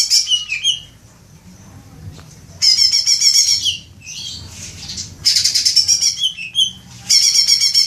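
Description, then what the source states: Leafbird bursts of rapid buzzy trilling, four loud phrases separated by quieter gaps with softer slurred notes between them. Indonesian name cucak ijo; bird described as gacor, singing actively and vigorously.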